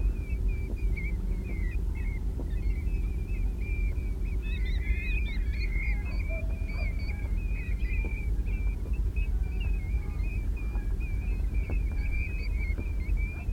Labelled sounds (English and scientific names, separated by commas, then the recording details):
European Golden Plover (Pluvialis apricaria) call
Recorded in the wild
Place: Schaprode, Insel Rügen, Mecklenburg-Vorpommern, DE
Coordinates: 54.544, 13.146
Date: 1975-09-20
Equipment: Nagra III BH, Sennheiser MD 21, parabola
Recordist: Schubert, Michael